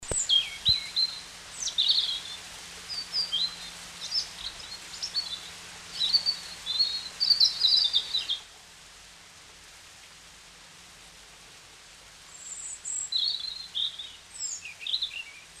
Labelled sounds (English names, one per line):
European Robin song